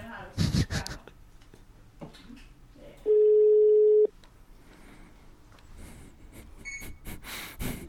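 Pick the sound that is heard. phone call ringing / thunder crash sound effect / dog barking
phone call ringing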